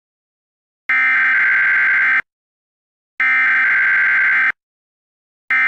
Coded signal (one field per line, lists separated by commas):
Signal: Emergency Alert System (SAME) tones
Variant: header bursts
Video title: EAS Scenario #1: The Yellowstone Caldera Eruption